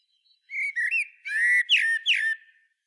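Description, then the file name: Common blackbird: short fluted whistles, a sustained richer note, then two sharp downward-slurred whistles. "Turdus merula"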